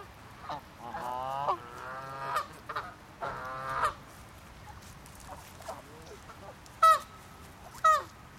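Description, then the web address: Duck quacks, nasal and harmonic, in clustered bursts during the first four seconds, then two short sharp calls near seven and eight seconds, over a low background hum. "the sound pack tree. ducks quack"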